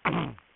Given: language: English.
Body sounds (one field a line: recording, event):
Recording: throat vibration sensor signal played as sound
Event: throat clearing